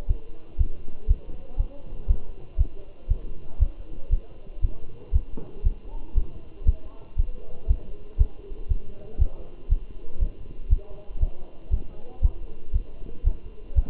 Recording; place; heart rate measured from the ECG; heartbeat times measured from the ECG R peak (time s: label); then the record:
heart sounds by stethoscope; between the tricuspid and mitral areas; 118 bpm
0.10 s: heartbeat
0.60 s: heartbeat
1.10 s: heartbeat
1.59 s: heartbeat
2.10 s: heartbeat
2.60 s: heartbeat
3.10 s: heartbeat
3.61 s: heartbeat
4.13 s: heartbeat
4.64 s: heartbeat
5.14 s: heartbeat
5.66 s: heartbeat
6.17 s: heartbeat
6.67 s: heartbeat
7.19 s: heartbeat
7.70 s: heartbeat
8.20 s: heartbeat
8.70 s: heartbeat
9.20 s: heartbeat
9.71 s: heartbeat
10.22 s: heartbeat
10.72 s: heartbeat
11.22 s: heartbeat
11.73 s: heartbeat
12.24 s: heartbeat
12.75 s: heartbeat
13.26 s: heartbeat
13.77 s: heartbeat
From the record:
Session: Bruce protocol treadmill stress test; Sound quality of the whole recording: good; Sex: male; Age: 27 years